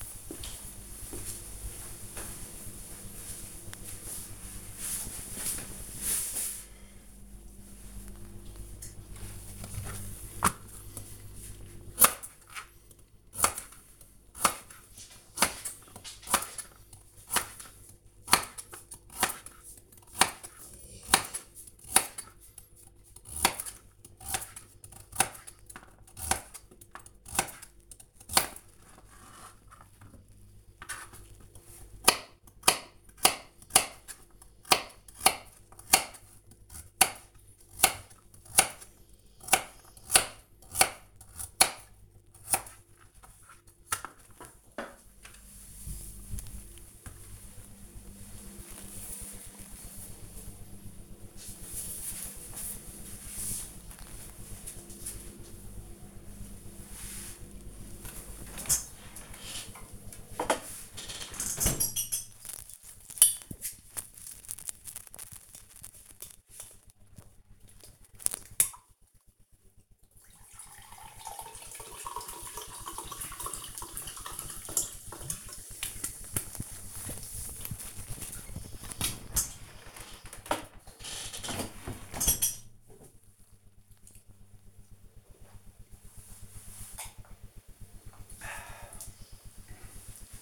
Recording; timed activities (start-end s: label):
household activities, microphone on the right wrist
9.10-46.40 s: cutting vegetables
57.45-90.42 s: drinking